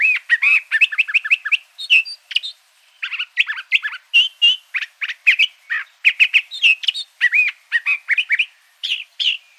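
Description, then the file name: Curve-billed thrasher song: a rapid, continuous run of varied chirps and slurred, arched whistles, some notes repeated in quick doublets, with brief pauses between bursts. Arizona. "CBTH 8 Deviche"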